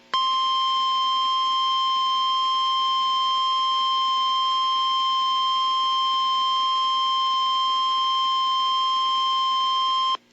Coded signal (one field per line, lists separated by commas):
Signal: Emergency Alert System (SAME) tones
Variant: 1050 Hz attention tone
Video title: Tornado Warnings - EAS #1,282 - 1,312 - 4/9/15